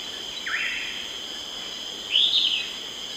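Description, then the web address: Yellow-crowned elaenia dawn song: a short upslurred whistle, then after a pause a higher arched, slightly buzzy phrase, over a constant high insect drone. Dawn song, recorded in the eastern lowlands of South America. "Natures Songs S America Eastern Lowlands. Myiopagis flavivertex, dawn song"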